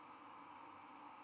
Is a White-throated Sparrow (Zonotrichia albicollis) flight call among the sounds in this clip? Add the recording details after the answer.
no. Another species' flight call is heard. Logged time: 01:23 on 11 November 2014